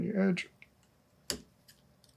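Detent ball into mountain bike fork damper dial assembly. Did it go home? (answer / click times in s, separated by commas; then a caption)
no / none. Someone talks while pressing a detent ball into its seat in the compression dial of a 2022 FOX Float 34 Performance Elite FIT4 Step-Cast mountain bike fork damper assembly, and a sharp tick is heard at about 1.3 s with fainter ticks afterward. The ball nearly snaps in but slips out, and nothing has seated yet.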